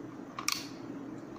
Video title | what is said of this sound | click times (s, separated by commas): How to Add/Upgrade RAM on DELL Inspiron 15 3000 series - Step by Step Tutorial | two points a click sound will come of them is gently press it down and it's done | 0.4 s, 0.5 s